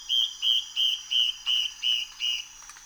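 Yellow-browed antbird singing seven evenly spaced clear whistles, each short and slightly buzzy, with a constant high-pitched drone behind.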